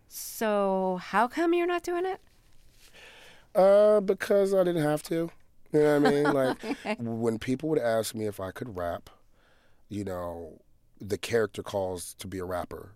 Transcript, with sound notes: So how come you're not doing it?
Because I didn't have to. You know what I mean?
(Laughter) OK.
Like, when people would ask me if I could rap - you know, the character calls to be a rapper.